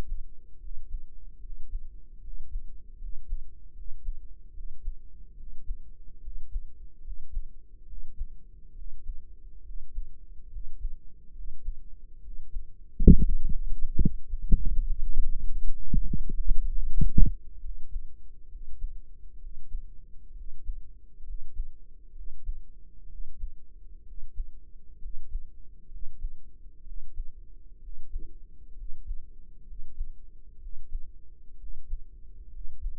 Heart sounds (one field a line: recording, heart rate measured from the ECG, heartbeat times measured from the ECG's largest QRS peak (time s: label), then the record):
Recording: heart sounds by microphone in the right ear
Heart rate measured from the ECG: 68 bpm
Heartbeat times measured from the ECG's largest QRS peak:
0.57 s: heartbeat
1.38 s: heartbeat
2.19 s: heartbeat
2.96 s: heartbeat
3.71 s: heartbeat
4.50 s: heartbeat
5.33 s: heartbeat
6.19 s: heartbeat
6.99 s: heartbeat
7.83 s: heartbeat
8.72 s: heartbeat
9.61 s: heartbeat
10.47 s: heartbeat
11.31 s: heartbeat
12.19 s: heartbeat
13.07 s: heartbeat
13.96 s: heartbeat
14.82 s: heartbeat
15.73 s: heartbeat
16.68 s: heartbeat
17.58 s: heartbeat
18.46 s: heartbeat
19.36 s: heartbeat
20.31 s: heartbeat
21.22 s: heartbeat
22.11 s: heartbeat
23.05 s: heartbeat
24.02 s: heartbeat
24.97 s: heartbeat
25.86 s: heartbeat
26.81 s: heartbeat
27.77 s: heartbeat
28.73 s: heartbeat
29.62 s: heartbeat
30.57 s: heartbeat
31.55 s: heartbeat
32.48 s: heartbeat
From the record:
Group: healthy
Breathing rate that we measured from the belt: 16 breaths a minute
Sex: male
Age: 20 years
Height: 167 cm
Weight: 61 kg